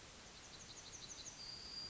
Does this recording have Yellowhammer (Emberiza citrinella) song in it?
yes